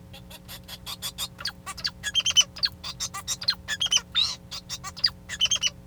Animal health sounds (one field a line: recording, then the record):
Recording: song of a male Bengalese finch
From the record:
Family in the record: son of father 2